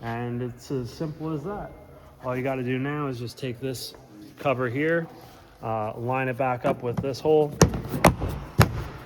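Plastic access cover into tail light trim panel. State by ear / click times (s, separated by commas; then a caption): seated / 8.0 s, 8.6 s. On a 2014 Kia Sorento, during a tail light reverse bulb replacement, a plastic access cover is lined up with the hole in the interior tail light trim panel and pushed into place. Someone talks through most of the clip, then two sharp thuds are heard at 8.1 s and 8.6 s as the cover seats.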